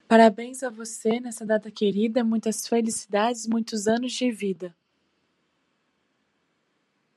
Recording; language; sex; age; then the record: short text; Brazilian Portuguese; female; 20 to 29 years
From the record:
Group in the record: control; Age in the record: 24 years